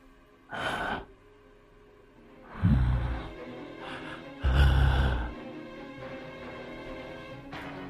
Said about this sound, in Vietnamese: Chưa thoát được cơn kinh hãi ở đằng sau, thì bây giờ ở phía trước trong cái hốc cây đen sì kia lại có tiếng thở phì phì, làm cho cả cô Thao và chị Xính rợn người.